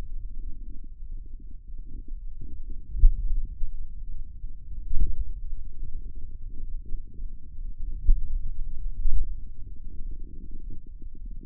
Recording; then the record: forearm muscle sounds (acoustic myography)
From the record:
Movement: pen grasping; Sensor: system 2, bracelet of six BSWA MPA416 microphones around the upper forearm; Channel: 4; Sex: male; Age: 22 years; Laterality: right